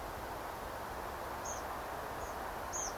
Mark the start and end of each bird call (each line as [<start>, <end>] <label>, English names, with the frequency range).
[1.44, 1.61] Tree Pipit (5.0-7.0 kHz)
[2.19, 2.33] Tree Pipit (6.0-7.2 kHz)
[2.72, 2.90] Tree Pipit (5.0-7.3 kHz)